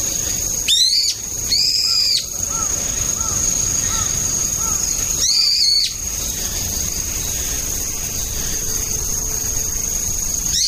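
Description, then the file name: Brown-eared bulbul calls: three loud, shrill screeching notes, with soft lower whistles between them and a steady high tone throughout. Autumn. "akihiyodori"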